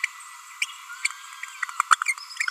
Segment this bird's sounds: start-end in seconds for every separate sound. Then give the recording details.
0.62-0.66, 1.92-1.95. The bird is a female. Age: 29 days. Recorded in a nest box in Venezuela. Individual 17B42A4